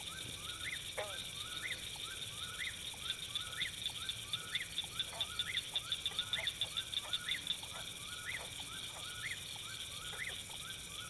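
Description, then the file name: Eastern whip-poor-will song, its three-note whistled phrase with an upswept end, repeated in a quick, steady series over a steady pulsing insect trill. Summer dusk in a farm field, June 24, 2017; recorded with a Rode NTG2 microphone and Sound Devices 702 recorder. "Summer Dusk Whipporwhill Farm Field 41 hz Rode NTG 2 Sd 702 June 24 th 2017"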